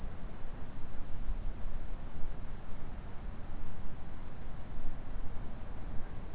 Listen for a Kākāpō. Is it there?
no